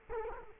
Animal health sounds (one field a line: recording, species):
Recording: mosquito wingbeat signal from an infrared sensor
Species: Culex quinquefasciatus